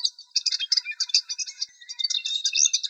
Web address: Sylvia cantillans